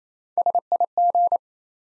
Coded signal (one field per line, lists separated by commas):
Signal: Morse code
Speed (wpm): 27 wpm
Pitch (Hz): 700 Hz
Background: none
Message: SIG